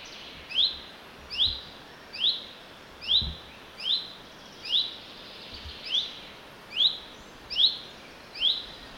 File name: Fringilla coelebs